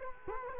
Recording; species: mosquito wingbeat signal from an infrared sensor; Culex quinquefasciatus